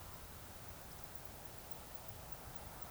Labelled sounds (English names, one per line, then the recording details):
Eurasian Woodcock whistle
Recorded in Baden-Württemberg, Germany, on 26 June 2021 at 20:16 UTC
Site 45499, 200 m above sea level